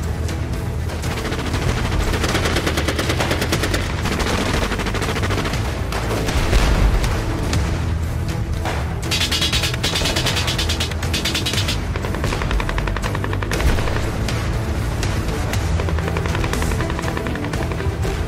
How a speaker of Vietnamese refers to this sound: 1978, khoảng 4 giờ rưỡi 5 giờ, tiếng súng bỗng nổ rộ bên hướng chốt C1. Tình hình mỗi lúc thêm căng thẳng, tiếng pháo cối của cả hai bên cấp tập nã vào chốt.